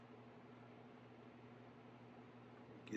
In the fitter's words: now that's locked into place